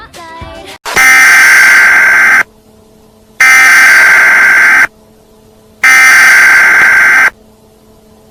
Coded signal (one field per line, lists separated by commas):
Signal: Emergency Alert System (SAME) tones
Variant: header bursts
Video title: Caillou makes a fake EAS and gets grounded